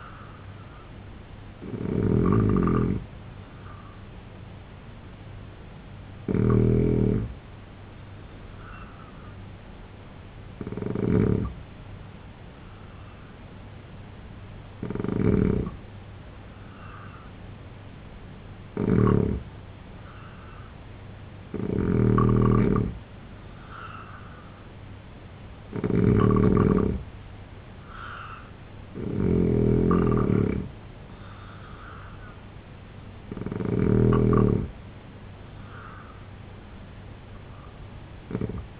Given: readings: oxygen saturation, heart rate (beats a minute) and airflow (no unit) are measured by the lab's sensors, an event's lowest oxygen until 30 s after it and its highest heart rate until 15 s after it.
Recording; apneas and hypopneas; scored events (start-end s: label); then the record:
breathing in sleep by a voice recorder at the bedside; 1
10.00-26.40 s: hypopnea (N3, oxygen 89% highest, then 84% lowest, heart rate 75 at the start, 81 highest)
From the record:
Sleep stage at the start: N3 (deep sleep); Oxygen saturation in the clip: 83 to 89%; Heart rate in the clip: 73 to 81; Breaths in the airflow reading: 9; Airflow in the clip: -3.2 to 5.2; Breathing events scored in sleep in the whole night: 258 in 7.4 hours asleep